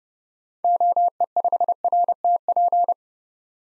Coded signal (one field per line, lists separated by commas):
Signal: Morse code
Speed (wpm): 30 wpm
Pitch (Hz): 700 Hz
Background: none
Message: OE5RTP